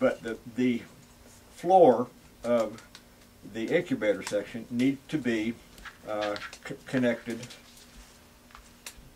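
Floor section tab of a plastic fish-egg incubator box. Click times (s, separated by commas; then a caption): 8.5 s, 8.9 s. Someone talks while the floor of the incubator section of a plastic fish-egg incubator box is pushed together. Two short, sharp snaps are heard at 8.6 s and 8.9 s as the floor section's tab locks into place, and the box is seated.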